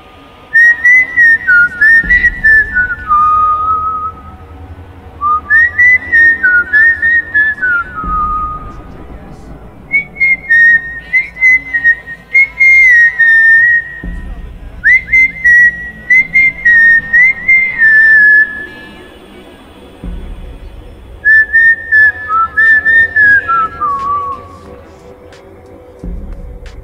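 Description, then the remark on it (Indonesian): A person whistles a wavering tune along to a favourite song playing at low volume on the radio, in four short melodic phrases with brief pauses between them, the bright whistle clear above a low, muffled background hum. “Spontan aku pun bersiul mengikuti lagu.”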